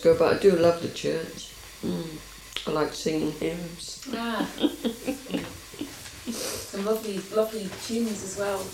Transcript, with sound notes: But I do love the church. Mhm. I like singing hymns. [laughs]
Ah. Some lovely-- lovely tunes as well.